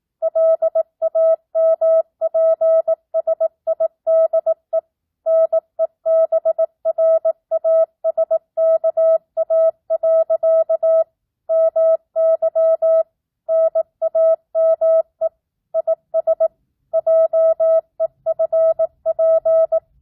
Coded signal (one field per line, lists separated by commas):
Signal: Morse code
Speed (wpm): 18 wpm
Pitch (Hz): 650 Hz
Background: none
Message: LAMPSIDE NEBRASKA. MY NAME IS JEFP